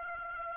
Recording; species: mosquito wingbeat signal from an infrared sensor; Aedes aegypti